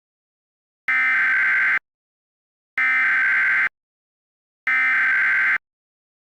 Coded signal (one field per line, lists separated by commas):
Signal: Emergency Alert System (SAME) tones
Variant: header bursts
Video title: EAS Scenario - Fast and Furry-ous (A "Looney Tunes" Scenario)